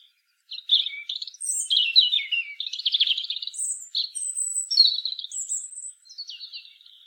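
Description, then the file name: European robin song: rich warbling phrases mixing low trills with thin, high whistled notes, flowing almost without pause. "Erithacus rubecula"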